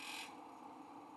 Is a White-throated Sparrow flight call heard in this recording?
no